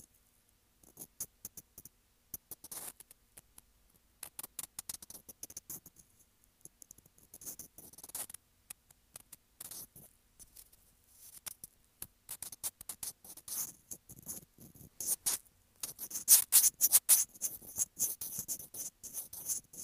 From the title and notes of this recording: ASMR Sensitive Mic Scratching.